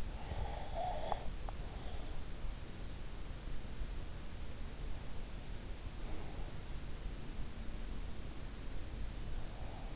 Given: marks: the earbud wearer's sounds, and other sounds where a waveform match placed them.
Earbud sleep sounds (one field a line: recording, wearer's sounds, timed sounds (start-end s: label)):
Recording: sounds in sleep by an in-ear microphone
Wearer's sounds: breath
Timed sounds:
0.00-3.04 s: breath